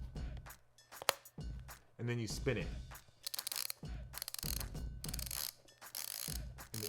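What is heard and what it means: Someone pushes the plastic tightening dial of a sneaker's cable lacing system down, and it clicks at 1.1 s as it seats into its engaged position. Someone talks throughout, and further short, sharp clicks follow between about 3.3 and 5.4 s.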